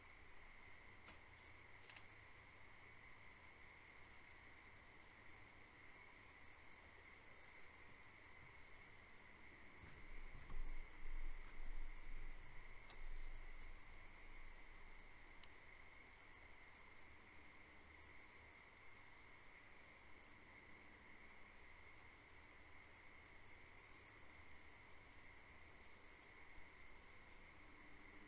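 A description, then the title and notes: A frog chorus holds a steady, high trill throughout, while a low vehicle rumble swells between about ten and fifteen seconds. Farm at Night. Frog chorus fills the air. Recorded March, 2021.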